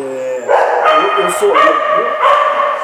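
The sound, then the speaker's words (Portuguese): A dog on a university campus barks and yips repeatedly in loud, high-pitched bursts, about four sharp onsets over a few seconds, with a whiny, tonal edge between them. “Eles estão se manifestando. Eles têm direitos também.”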